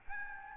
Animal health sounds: mosquito wingbeat signal from an infrared sensor; Aedes albopictus

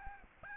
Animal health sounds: mosquito wingbeat signal from an infrared sensor; Aedes albopictus

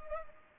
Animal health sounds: mosquito wingbeat signal from an infrared sensor; Culex pipiens

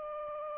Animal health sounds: mosquito wingbeat signal from an infrared sensor; Aedes aegypti

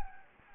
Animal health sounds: mosquito wingbeat signal from an infrared sensor; Anopheles gambiae

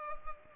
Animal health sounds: mosquito wingbeat signal from an infrared sensor; Culex pipiens

